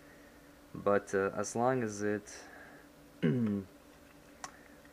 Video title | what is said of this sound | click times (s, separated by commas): Kel Tec Sub 2000 (Sig 9mm Mag) Review | folds open, right, and locks in place, uh, we'll be happy with it. | 4.4 s